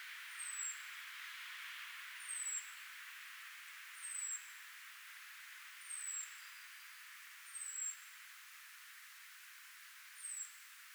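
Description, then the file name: European robin giving a steady series of six high, thin, downslurred whistled calls, roughly every two seconds over a faint hiss. "Erithacus rubecula"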